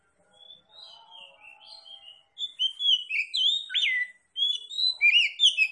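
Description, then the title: Oriental magpie-robin singing a varied run of whistles, slurs and chirps that starts softly and grows louder. Oriental magpie-robin linked to Tretes, described as singing vigorously (gacor). "Kacer Tretes"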